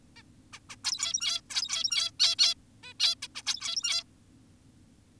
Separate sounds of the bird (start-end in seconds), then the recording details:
0.16-0.23, 0.53-0.60, 0.70-0.76, 0.84-1.41, 1.50-2.11, 2.20-2.36, 2.39-2.55, 2.83-2.94, 3.00-3.15, 3.22-3.28, 3.35-3.43, 3.46-4.04. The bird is an adult. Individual g17y2U